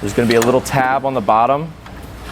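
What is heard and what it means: Someone talks while handling the steel squeeze-latch on a trailer coupler, squeezed and pulled all the way out so the small latch tab on the bottom can engage. Only talking is heard, with no distinct mechanical click. Nothing has seated or clicked yet.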